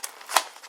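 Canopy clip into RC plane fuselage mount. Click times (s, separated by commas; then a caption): 0.4 s. The foam canopy/hatch piece of a Bixler 2 RC plane is fitted through its opening into the fuselage mount and pressed until its printed clip locks into place. After a faint tap at the start and some soft rubbing, a sharp snap is heard at 0.4 s as the clip locks in. The canopy is seated.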